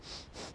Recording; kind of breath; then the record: one breath in and out by a microphone near the nose and mouth; strong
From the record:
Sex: male